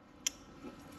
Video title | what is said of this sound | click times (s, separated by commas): CUSTOMER STATES PORSCHE DEALER WANTED $3K FOR FRONT BRAKES! HOW REPLACE PORSCHE MACAN FRONT BRAKES! | you guys heard that little click and then you're gonna basically take it and | 0.3 s